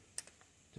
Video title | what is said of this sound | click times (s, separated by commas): 2019 Jeep Compass thermostat replacement | Till it clicks until it locks. | 0.2 s